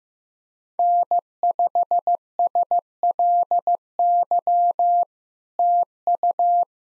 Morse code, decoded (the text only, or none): N5SLY TU